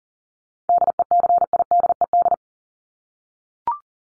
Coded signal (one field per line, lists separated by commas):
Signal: Morse code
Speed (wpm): 40 wpm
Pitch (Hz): 700 Hz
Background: none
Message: DECIDED